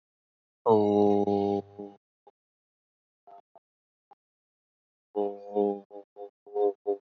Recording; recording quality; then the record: sustained vowel as in boot; moderate, slight background noise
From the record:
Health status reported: healthy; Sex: male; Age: 25 years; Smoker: yes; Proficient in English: yes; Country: India